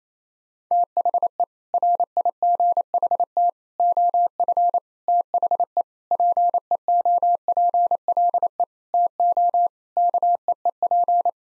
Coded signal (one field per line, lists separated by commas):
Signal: Morse code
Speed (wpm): 28 wpm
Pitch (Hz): 700 Hz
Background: none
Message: THE RIGHT OF THE PEOPLE TO KEEP